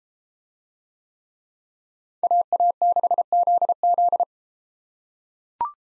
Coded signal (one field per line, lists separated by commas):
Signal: Morse code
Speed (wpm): 32 wpm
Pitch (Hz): 700 Hz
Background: none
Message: AA6ZZ